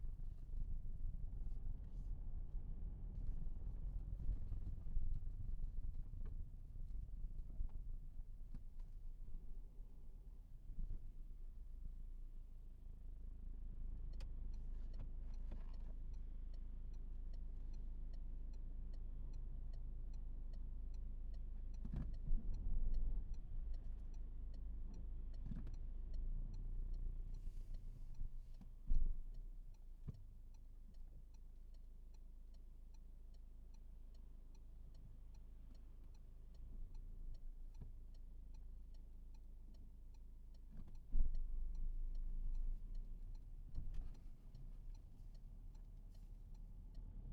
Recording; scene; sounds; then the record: everyday scene through a hearing-aid microphone; in a vehicle; engine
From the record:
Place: Berlingo II, diesel engine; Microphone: behind the ear, right, rear